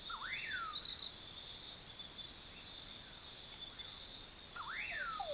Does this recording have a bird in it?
yes